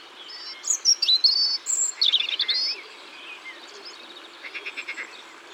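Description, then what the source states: European robin song: clear high warbling phrase of sliding whistles and quick twitters, then a pause and a short pulsed trill. Recorded in Ardèche, France.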